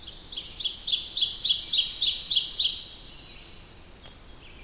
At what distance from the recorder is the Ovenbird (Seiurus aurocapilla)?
about 20 m